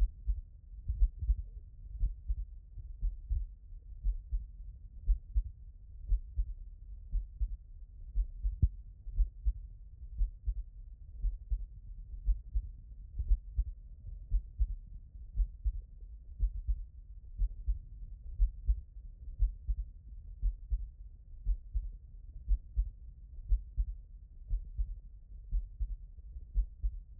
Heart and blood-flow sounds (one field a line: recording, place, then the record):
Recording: heart sounds by stethoscope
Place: tricuspid valve (TV)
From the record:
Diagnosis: HFrEF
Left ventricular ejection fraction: 38%